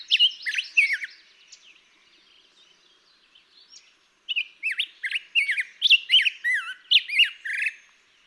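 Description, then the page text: Black-headed grosbeak song: rich, warbled, rising and falling whistled phrases, a brief burst at first, then a longer run of rapid notes after a pause. Daytime singing; May 17, 2016, Mt. Graham, Arizona. "Birdsong for the Curious Naturalist. Black-headed grosbeak. Daytime singing, example 2. May 17, 2016. Mt. Graham, Arizona"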